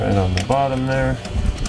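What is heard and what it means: Someone talks while handling the wiring harness plug for a 2007-2013 Tundra OEM-style headlight housing, lining it up with its socket at the bottom of the light. There are faint handling noises and a brief sharp tick near the very end. Nothing has seated or clicked yet.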